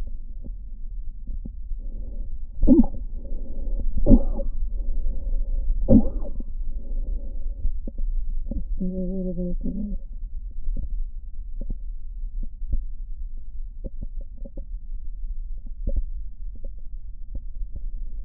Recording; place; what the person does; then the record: lung sounds by stethoscope; left posterior basal chest; quiet breathing, then cough and speech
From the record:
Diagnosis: asthma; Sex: female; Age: 74 years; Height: 155 cm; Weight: 63 kg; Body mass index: 26.2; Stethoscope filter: diaphragm mode